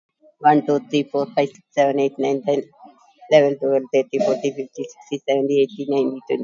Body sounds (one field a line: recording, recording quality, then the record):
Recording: counting at a fast pace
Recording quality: excellent, no background noise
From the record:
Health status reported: COVID-19 positive, mild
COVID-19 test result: positive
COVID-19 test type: RT-PCR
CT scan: taken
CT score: 2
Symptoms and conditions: sore throat, fever, diabetes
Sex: female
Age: 70 years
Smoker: no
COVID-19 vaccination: none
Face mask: worn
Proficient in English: yes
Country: India